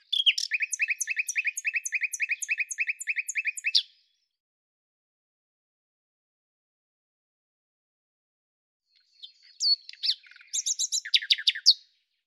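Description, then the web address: Common nightingale delivering a long, very fast rattle of repeated clicking notes for nearly four seconds, then after a pause a varied phrase of sharp high chips. "cianscape birddata Deverinetal 2025 Bird Lu Me"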